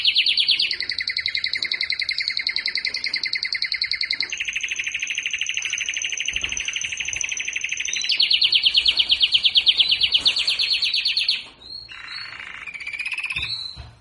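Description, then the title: Belgian canary singing long, steady rolling trills, then breaking into shorter varied notes near the end. Belgian canary of the singing (galador) type, warming up its song. "Canario Belga. Canário Galador Esquenta"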